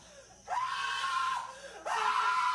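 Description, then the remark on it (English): A boy screams twice in loud, sustained, high-pitched shrieks, the first held for about a second, then a brief pause before a second shrill wail begins. “He sure would scream out when his mama told him it was summertime and Christmas was 6 months off.”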